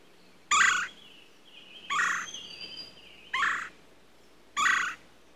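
Red-bellied woodpecker giving four rolling, slightly harsh churr calls, each short and burry, spaced roughly one to one and a half seconds apart.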